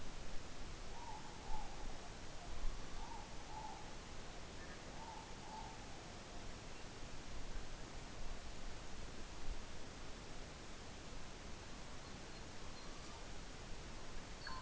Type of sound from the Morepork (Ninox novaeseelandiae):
more-pork call